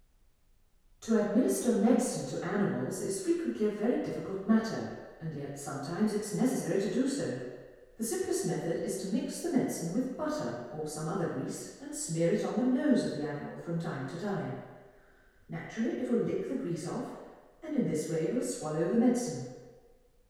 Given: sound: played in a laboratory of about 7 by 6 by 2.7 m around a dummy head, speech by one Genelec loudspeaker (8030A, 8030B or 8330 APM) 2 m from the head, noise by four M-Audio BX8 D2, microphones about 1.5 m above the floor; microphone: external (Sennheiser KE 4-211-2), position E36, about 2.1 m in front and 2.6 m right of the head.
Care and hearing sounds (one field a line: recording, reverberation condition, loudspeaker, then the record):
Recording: female speech in English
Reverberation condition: high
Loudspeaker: 150 degrees to the right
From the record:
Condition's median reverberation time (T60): about 1300 ms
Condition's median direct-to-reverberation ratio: about -4.0 dB